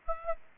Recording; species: mosquito wingbeat signal from an infrared sensor; Aedes aegypti